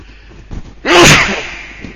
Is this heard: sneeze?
yes